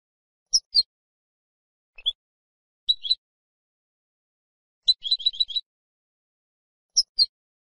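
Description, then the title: European goldfinch calls: scattered sharp, high chips, mostly in pairs, with one quick rattled run of several notes in the middle. "Jilguero"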